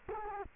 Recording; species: mosquito wingbeat signal from an infrared sensor; Culex quinquefasciatus